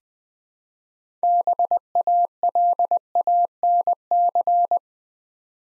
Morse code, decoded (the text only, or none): BALANC